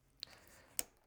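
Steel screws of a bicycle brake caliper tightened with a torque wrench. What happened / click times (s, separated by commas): The torque wrench broke over at its set torque / 0.8 s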